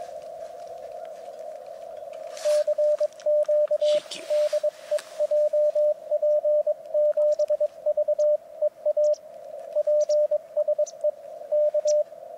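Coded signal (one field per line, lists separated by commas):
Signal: Morse code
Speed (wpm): 23 wpm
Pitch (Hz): 600 Hz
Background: radio noise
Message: CQ DE JP7VEA PSE K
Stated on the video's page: Portable 7 MHz CW contact at 7.0095 MHz, about 15–18 WPM; IC-705 at 10 W with RHM12 antenna, other station IC-7100 at 100 W with full-size dipole.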